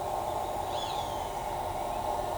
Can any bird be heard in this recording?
no